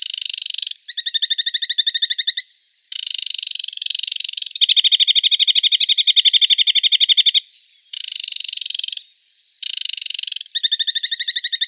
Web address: Schulze Peter Aquatic Warbler song